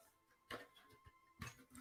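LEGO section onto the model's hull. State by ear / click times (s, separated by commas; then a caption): seated / 0.5 s, 1.4 s. A slightly misaligned LEGO section is pressed down onto the hull of a LEGO Star Destroyer model. It gives sharp plastic clicks at 0.5 s and 1.4 s, with faint ticks between them. The section seats home and is now solid.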